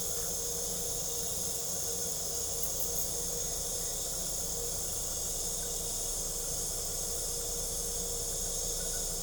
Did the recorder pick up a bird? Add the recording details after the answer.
no. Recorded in pastures near Puerto Asís, Putumayo, Colombia, on 26 December 2024 at 20:00. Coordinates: 0.497, -76.327. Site G088